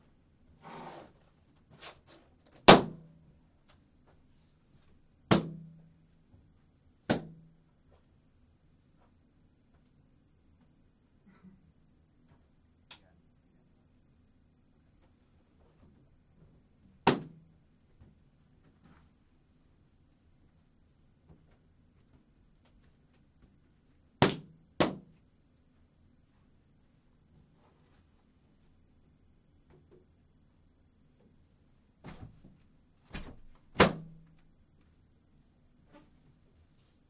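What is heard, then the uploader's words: Sharp, bright pops go off one at a time, sometimes in quick pairs, with long quiet gaps and a faint low hum between them. The blind spot radio program filled the on-air studio with as many balloons as Eric, Jake and I could blow up (which happened to be 1,190) and then entered the room and popped them one at a time with a needle taped to a stick.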